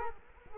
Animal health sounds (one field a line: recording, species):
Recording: mosquito wingbeat signal from an infrared sensor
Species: Culex quinquefasciatus